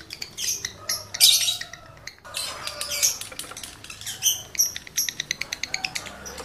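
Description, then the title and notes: Lovebird twittering song: loud shrill burst early on, a short pause, then rapid repeated clicking notes and high squeaks. Male lovebird in breeding condition; its call is used to stimulate other lovebirds to sing. "Birahi Lovebird Jantan ke Gacor. Pancingan Suara Lovebird jantan birahi"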